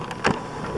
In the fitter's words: nice click it's